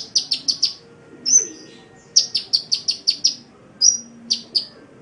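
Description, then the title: Oriental magpie-robin song: quick bursts of several sharp, high down-slurred chirps, broken by brief whistled notes. "Kicau Kacer"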